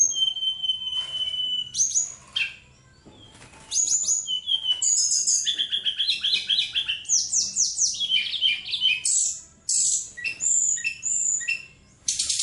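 Bird song beginning with a long level whistle, then a dense stream of chattering notes, trills and sharp high chirps.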